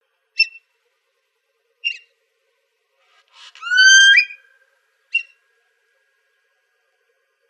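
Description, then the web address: Fulvous whistling-duck giving a few short squeaky notes, with one longer clear whistle rising then breaking into a higher squeal near the middle. Recorded 25 February 2006. "Ducks Geese Swans FUWD 022506"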